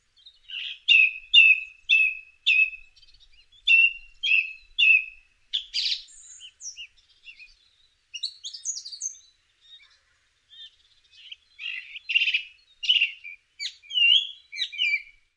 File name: songthrush